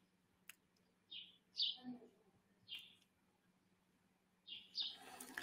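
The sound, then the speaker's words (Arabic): Sparrows chirp outside an open window in several short, high-pitched bursts at irregular intervals, fairly faint over a steady low hum, with a few sharp clicks between calls. “وإذا صوت العصافير مزعجكم نطلب تسكير الشباك كمان”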